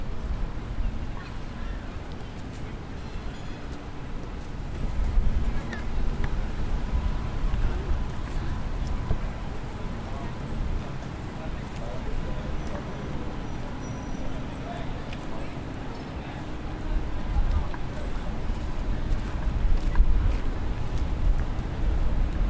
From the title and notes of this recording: A walk through the familiar downtown campus of McGill University. The quiet and relaxing atmosphere of a sunny summer afternoon.